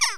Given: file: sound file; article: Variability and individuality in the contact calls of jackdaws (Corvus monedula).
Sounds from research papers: jackdaw call; harmonic

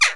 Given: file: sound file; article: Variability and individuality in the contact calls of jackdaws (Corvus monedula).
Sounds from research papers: jackdaw call; harmonic

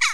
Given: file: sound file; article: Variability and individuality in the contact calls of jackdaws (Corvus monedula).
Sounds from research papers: jackdaw call; harmonic

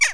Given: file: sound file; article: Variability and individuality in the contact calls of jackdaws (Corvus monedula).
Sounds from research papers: jackdaw call; harmonic

